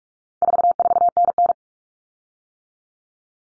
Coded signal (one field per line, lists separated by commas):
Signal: Morse code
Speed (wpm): 44 wpm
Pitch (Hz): 700 Hz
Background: none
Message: 44NN